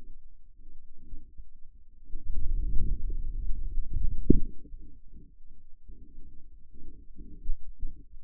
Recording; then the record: forearm muscle sounds (acoustic myography)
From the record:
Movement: outward rotation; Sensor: system 2, bracelet of six BSWA MPA416 microphones around the upper forearm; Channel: 3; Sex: male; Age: 22 years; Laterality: right